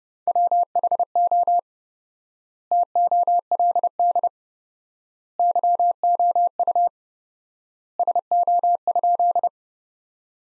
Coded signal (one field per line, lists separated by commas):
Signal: Morse code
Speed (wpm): 30 wpm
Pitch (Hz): 700 Hz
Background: none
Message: WHO TOLD YOU SO?